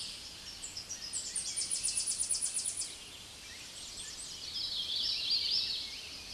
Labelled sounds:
Tennessee Warbler song
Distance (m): 20 m
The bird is about 15 m above the microphone
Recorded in a Pennsylvania forest on 16 May 2024 at 06:41
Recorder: AudioMoth, point MSD-0215
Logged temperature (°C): 16.1 °C
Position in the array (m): 31 m, 136 m

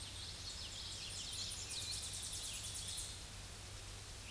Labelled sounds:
Tennessee Warbler song
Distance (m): 35 m
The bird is about 5 m below the microphone
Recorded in a Pennsylvania forest on 16 May 2024 at 07:48
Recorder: AudioMoth, point MSD-2456
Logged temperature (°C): 16.4 °C
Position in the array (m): 186 m, 76 m

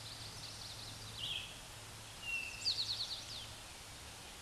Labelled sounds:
Eastern Towhee song
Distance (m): 5 m
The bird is about level with the microphone
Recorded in a Pennsylvania forest on 16 May 2024 at 09:51
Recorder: AudioMoth, point MSD-2142
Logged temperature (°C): 16.7 °C
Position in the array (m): 3 m, 44 m

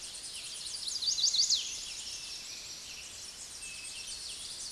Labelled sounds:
Chestnut-sided Warbler song
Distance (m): 5 m
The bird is about level with the microphone
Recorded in a Pennsylvania forest on 16 May 2024 at 06:01
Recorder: AudioMoth, point MSD-0079
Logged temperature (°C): 16.1 °C
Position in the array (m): 157 m, 75 m

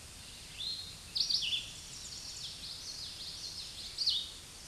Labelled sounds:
Red-eyed Vireo song
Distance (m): 20 m
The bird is about 20 m above the microphone
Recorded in a Pennsylvania forest on 16 May 2024 at 07:59
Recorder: AudioMoth, point MSD-2257
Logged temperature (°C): 16.0 °C
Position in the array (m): 190 m, 165 m

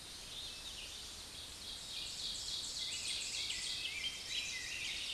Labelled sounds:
Ovenbird song
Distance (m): 35 m
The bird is about 5 m below the microphone
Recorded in a Pennsylvania forest on 16 May 2024 at 06:57
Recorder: AudioMoth, point MSD-2391
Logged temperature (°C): 15.0 °C
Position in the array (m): 137 m, 9 m

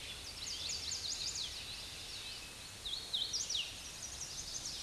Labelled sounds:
Hooded Warbler song
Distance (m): 30 m
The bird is about 5 m above the microphone
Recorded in a Pennsylvania forest on 16 May 2024 at 06:55
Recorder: AudioMoth, point MSD-2163
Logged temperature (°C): 16.1 °C
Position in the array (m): 160 m, 115 m

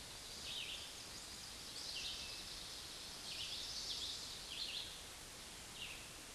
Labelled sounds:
Red-eyed Vireo song
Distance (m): 30 m
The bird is about 5 m above the microphone
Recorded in a Pennsylvania forest on 16 May 2024 at 09:08
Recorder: AudioMoth, point MSD-1539
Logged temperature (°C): 16.0 °C
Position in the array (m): 150 m, 27 m

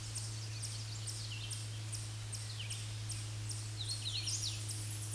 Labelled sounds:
Hooded Warbler song
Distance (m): 15 m
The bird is about 5 m above the microphone
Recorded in a Pennsylvania forest on 16 May 2024 at 07:56
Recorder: AudioMoth, point MSD-0079
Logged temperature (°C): 16.1 °C
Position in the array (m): 142 m, 88 m

